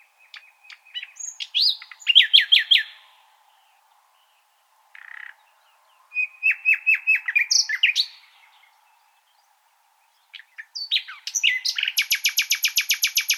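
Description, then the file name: Common nightingale song: several varied phrases with pauses, quick chattering notes, and a closing fast, even series of high piercing repeated notes. "Luscinia megarhynchos"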